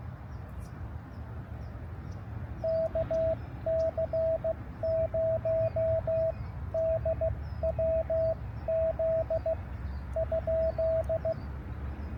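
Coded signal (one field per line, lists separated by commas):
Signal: Morse code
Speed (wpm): 15 wpm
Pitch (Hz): 650 Hz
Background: none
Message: KC0DWZ ?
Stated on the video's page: Park activation.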